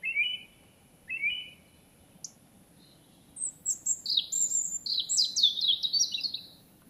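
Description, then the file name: European robin singing: two short high notes, a faint tick, then a long tumbling phrase of fast, sparkling, high-pitched warbles and trills. "Erithacus rubecula"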